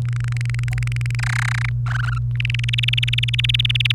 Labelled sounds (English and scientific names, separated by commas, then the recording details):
Domestic Canary (Serinus canaria) song
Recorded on 29 April 2018 at 06:18
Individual llb3